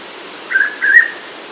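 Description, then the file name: Hooded pitta double whistle, two clear notes in quick succession, the second a little longer and rising, with faint hiss behind. "pitta sordida"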